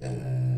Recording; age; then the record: pig call; weaner (32 to 43 days)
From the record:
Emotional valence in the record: positive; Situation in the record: positive conditioning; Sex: female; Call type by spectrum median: low-frequency call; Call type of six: low-frequency stable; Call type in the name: low-frequency stable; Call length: 0.57 s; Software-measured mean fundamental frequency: 63 Hz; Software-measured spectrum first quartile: 126 Hz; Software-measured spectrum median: 152 Hz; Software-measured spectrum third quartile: 298 Hz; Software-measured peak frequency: 133 Hz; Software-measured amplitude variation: 70 dB a second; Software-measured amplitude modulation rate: 18.4 a second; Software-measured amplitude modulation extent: 3.8 dB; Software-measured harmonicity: 0.7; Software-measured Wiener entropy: -0.54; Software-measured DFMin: 944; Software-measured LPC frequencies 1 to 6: 512, 1659, 2567, 4493, 5368, 5859 Hz